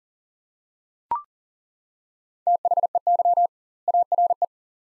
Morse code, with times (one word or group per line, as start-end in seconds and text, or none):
2.5-3.5 THEY
3.9-4.4 ARE